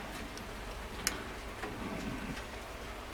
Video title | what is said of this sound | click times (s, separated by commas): Corgi 341 Mini Marcos Restoration | Once you get them lined up, you can just push it on. There, you can hear it clicking on there. There. | 1.1 s